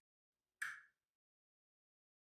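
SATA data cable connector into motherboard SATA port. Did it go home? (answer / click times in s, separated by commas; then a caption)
yes / 0.6 s. An L-shaped SATA data cable connector is pushed into a motherboard SATA port until its metal latch clicks into place. After silence, a single sharp click is heard at 0.6 s, bright around 2 kHz, fading out within about 0.3 seconds. The connector is seated.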